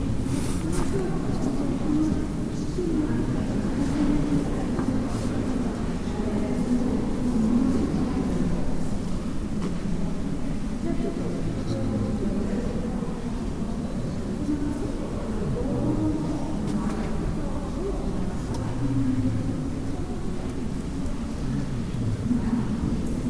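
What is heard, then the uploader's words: Tourists move about inside a large church, their voices blending into a steady, low murmur that fills the whole room. The sound stays dense and even throughout, with a deep rumble underneath, occasional faint clicks and taps, and no single voice standing out. Tourist moving inside the Hallgrimskirkja church, Reykjavik, Iceland. Recorded by Richard Watts.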